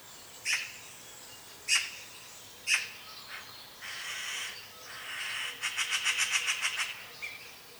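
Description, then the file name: Eurasian magpie with three sharp single clicks, then a longer harsh rasp and a fast rattling burst of chattering notes near the end. "Pica pica"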